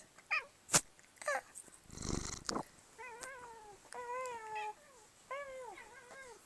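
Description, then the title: Cat meowing in a run of three drawn-out, harmonic meows, after a few short sharp chirps and a burst of rustling noise. Talkative pet cat in a back-and-forth conversation with a person; the exchange was described as somewhat forced. "the most talkative kitty on the planet"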